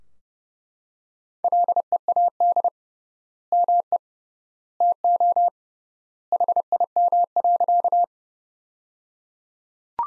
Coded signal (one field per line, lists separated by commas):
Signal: Morse code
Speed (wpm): 30 wpm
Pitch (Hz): 700 Hz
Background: none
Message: LEAD ME TO HIM.